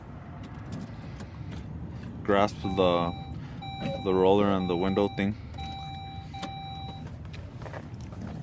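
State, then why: Not seated. A plastic window roller for a Saab 9-5 is lined up by hand on the car door window regulator before being pinched closed. Someone talks over light handling noises and a few brief taps and knocks, with faint steady high tones in the background. Nothing has seated or clicked yet.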